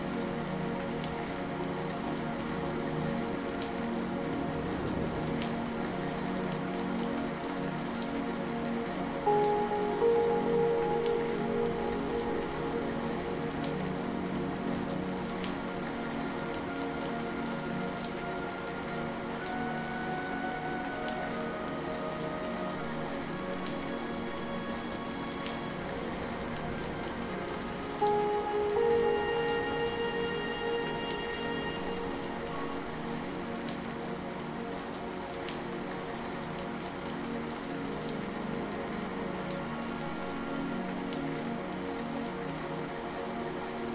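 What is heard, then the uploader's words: Rain falls in a steady, dense patter that holds evenly throughout. Soft sustained musical tones sit under the rain, swelling briefly into brighter notes around ten seconds and again near twenty-eight seconds before settling back. Rain’s Dance With Zen Music & Nature Sounds. The rain falls in a gentle rhythm, each drop a melodic note in nature's nocturnal serenade.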